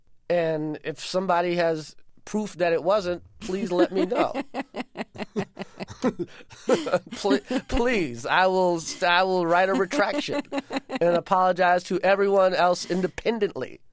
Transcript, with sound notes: and if somebody has proof that it wasn't, please let me know.
(LAUGHTER)
Please, I will write a retraction and apologize to everyone else independently.